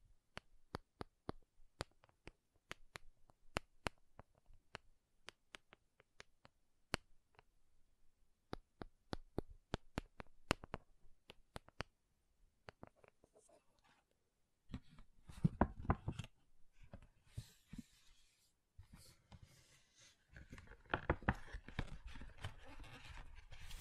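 Makeup tapping and scratching: crisp, rapid taps for the first fourteen seconds, then denser, rougher scratching bursts with brief pauses until the end.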